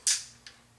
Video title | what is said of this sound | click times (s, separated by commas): KEL TEC PF9 Overview/Review and field strip of my carry gun part two | heard that that's that affirmative click to let me know it's in | 0.1 s